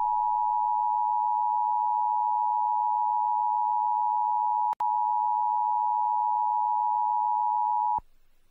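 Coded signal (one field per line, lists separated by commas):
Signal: Emergency Alert System (SAME) tones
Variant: 853 and 960 Hz attention tone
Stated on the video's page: Genuine recorded Emergency Alert System activation for a tornado warning.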